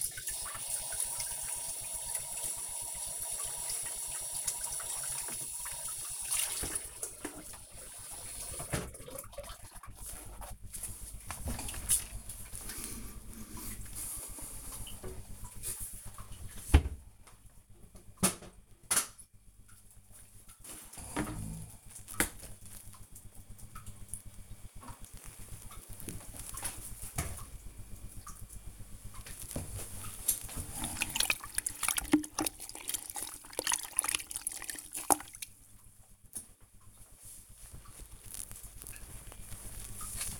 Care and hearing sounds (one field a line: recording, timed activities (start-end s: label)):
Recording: household activities, microphone on the right wrist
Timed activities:
29.06-40.40 s: cleaning the cupboard